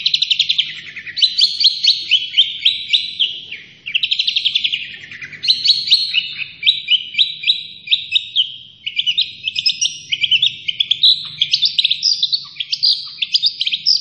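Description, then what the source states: Long-tailed shrike song, a long run of rapid chattering and rattling phrases, high and bright, varying phrase to phrase, with a brief dip near four seconds. Local Indonesian name cendet; described as gacor, meaning actively and continuously singing.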